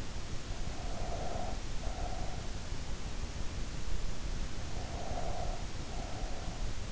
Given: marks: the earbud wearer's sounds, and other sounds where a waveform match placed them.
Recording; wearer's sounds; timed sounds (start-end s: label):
sounds in sleep by an in-ear microphone; breath
0.58-2.62 s: breath
4.65-6.92 s: breath